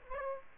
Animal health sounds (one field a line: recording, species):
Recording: mosquito wingbeat signal from an infrared sensor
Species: Aedes aegypti